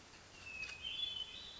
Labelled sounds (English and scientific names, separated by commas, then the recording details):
Hermit Thrush (Catharus guttatus)
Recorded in Sonoma County, California